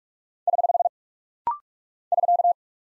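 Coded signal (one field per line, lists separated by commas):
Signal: Morse code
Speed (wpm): 46 wpm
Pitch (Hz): 700 Hz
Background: none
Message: <HH> <SK>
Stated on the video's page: Rapid-fire 45 wpm practice drill of punctuation and prosign characters for head-copy, each sent, spoken, then sent again.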